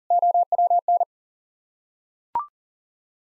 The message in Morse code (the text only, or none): OWN